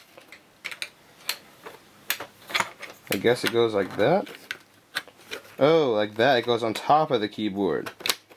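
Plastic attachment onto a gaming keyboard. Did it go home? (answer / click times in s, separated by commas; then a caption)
no / none. A plastic attachment that goes on top of a gaming keyboard is handled and fitted, with sharp plastic taps and knocks scattered through the clip while someone talks. Nothing has seated or snapped into place yet.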